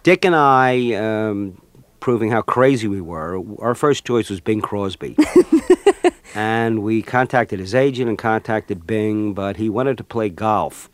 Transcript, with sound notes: Dick and I, proving how crazy we were - our first choice was Bing Crosby.
(Laughter).
And we contacted his agent and contacted Bing. But he wanted to play golf.